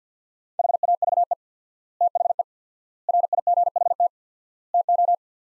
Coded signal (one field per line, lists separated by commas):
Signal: Morse code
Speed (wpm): 50 wpm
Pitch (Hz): 700 Hz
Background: none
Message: HAVE THE RIGHT TO